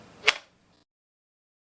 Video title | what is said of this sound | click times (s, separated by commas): Assembling a mini floorstand - CASEE | watch the pin click into place | 0.3 s